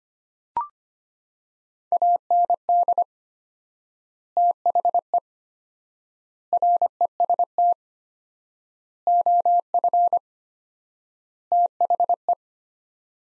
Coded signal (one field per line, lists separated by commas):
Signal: Morse code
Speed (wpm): 25 wpm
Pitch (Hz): 700 Hz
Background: none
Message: AND THE REST OF THE